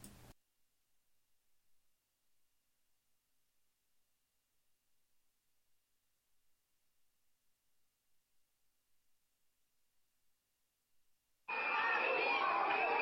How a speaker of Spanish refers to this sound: Así han salido a la calle. A gritos las prostitutas piden que las dejen trabajar en la calle y defienden sus derechos. Con máscaras, con pancartas, con silbatos.